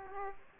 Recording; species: mosquito wingbeat signal from an infrared sensor; Aedes aegypti